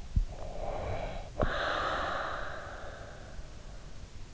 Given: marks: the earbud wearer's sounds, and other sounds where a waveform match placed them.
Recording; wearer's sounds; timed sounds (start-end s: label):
sounds in sleep by an in-ear microphone; snoring breath
0.10-3.08 s: snoring breath